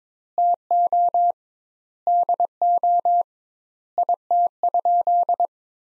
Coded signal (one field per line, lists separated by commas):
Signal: Morse code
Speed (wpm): 22 wpm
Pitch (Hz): 700 Hz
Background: none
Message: TO DO IT?